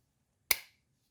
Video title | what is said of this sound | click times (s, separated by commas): Réparation des grilles de ventilation ALFA ROMEO 156 CROSSWAGON | la l'éclipsé la pièce souvent elles fonctionnent voilà | 0.5 s